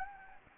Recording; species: mosquito wingbeat signal from an infrared sensor; Anopheles gambiae